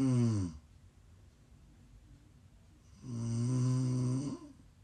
ASMR Snoring. Please enjoy some prime ASMR snoring.